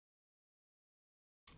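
Grooved top and side plastic panels of a cup-noodle model kit are being handled onto the grooved body. The clip is silent until about 1.5 s, when a burst of broadband handling noise starts and runs to the end. Nothing has seated or clicked into place yet.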